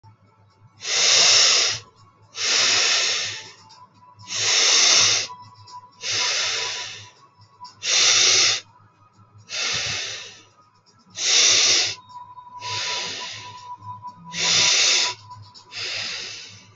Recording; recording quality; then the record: deep breathing; moderate, slight background noise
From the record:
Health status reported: healthy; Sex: male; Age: 26 years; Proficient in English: yes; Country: India